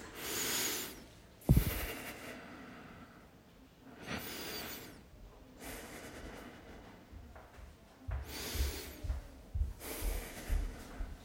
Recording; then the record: deep breathing after running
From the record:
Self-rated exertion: light exertion (2 of 6); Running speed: 7 miles an hour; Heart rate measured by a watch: 95 beats a minute at the start, 91 at the end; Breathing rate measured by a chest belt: 8 breaths a minute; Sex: male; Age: 24 years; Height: 185 cm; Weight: 79 kg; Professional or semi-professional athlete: no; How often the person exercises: 1 to 2 times a week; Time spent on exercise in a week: 2 to 3 hours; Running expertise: no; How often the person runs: 1 to 2 times a week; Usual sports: running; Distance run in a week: 20 km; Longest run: 10 km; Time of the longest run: 50 minutes